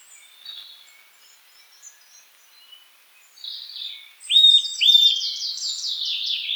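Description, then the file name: Eurasian nuthatch: two short, bright notes together with a rapid, descending trilled series. "Sitta europaea"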